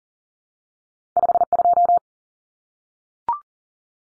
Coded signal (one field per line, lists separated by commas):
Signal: Morse code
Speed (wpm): 40 wpm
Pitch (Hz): 700 Hz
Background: none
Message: 52